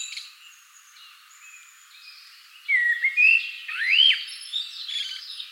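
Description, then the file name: Common blackbird song: soft high twitters, then a loud whistled note and a sweeping rising-falling whistle with scratchy trailing notes. "Turdus merula"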